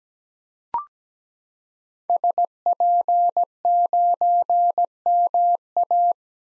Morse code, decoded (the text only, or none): SP9MA